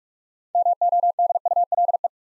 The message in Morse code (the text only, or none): MODULE